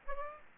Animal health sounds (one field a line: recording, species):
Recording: mosquito wingbeat signal from an infrared sensor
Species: Aedes aegypti